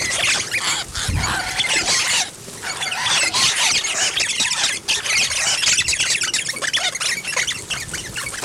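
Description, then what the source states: Rosellas producing a continuous wash of high, squealing chatter, many birds calling at once with brief drops in intensity and a low thud early on. Rosellas feeding.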